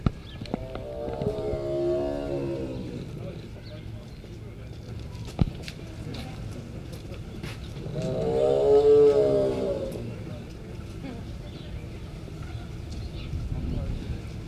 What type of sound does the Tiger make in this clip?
call